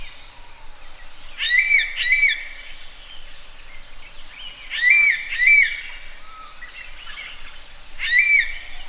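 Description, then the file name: Common green magpie giving harsh, ringing double notes, two quick calls repeated a few seconds apart, then a single call, with faint softer chirps between. "suara burung ekek layongan atau cissa chinensis"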